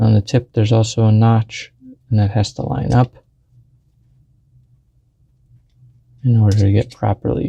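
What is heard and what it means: A spray tip is lined up with the notch key on the tip guard of a Graco Contractor PC airless spray gun before being pushed home. Someone talks, then there is a quiet stretch of faint handling noise from about 3.1 to 6.2 seconds before the talking resumes. The tip has not seated or clicked yet.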